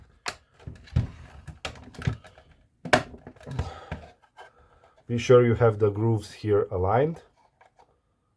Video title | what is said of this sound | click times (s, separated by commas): NESPRESSO O-ring - Step by step guide to change and prevent leaking | it will click in place | 1.6 s, 2.9 s